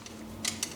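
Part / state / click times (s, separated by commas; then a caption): dagger blade into its scabbard / not seated / none. A metal dagger blade is handled at its metal scabbard, with two brief bright metallic scrapes around 0.5 and 0.6 seconds over a low steady hum. Nothing has seated or clicked yet; the clip ends before the hilt snaps into the scabbard.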